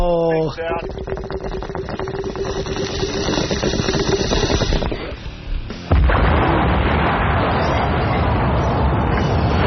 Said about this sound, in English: Oh, hey, can you take me out with a bong hit followed by an explosion? Here you go.